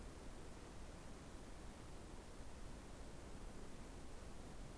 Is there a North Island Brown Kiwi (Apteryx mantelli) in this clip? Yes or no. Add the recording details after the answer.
no. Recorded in New Zealand on 24 November 2015. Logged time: 04:12. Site DD67